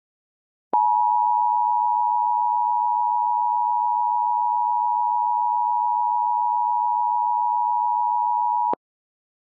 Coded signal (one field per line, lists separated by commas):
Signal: Emergency Alert System (SAME) tones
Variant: 853 and 960 Hz attention tone